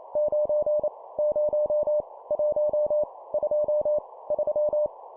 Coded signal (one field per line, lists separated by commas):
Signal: Morse code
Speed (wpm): 28 wpm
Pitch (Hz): 600 Hz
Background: none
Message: 9 0 1 2 3